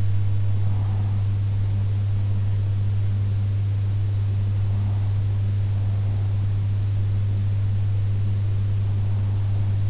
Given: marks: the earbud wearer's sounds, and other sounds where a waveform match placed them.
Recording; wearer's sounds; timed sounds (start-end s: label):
sounds in sleep by an in-ear microphone; breath
0.00-1.99 s: breath